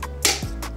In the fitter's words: magnetically snap on and then they're fixed like you can actually hear that snap so this is me you